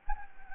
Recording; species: mosquito wingbeat signal from an infrared sensor; Anopheles gambiae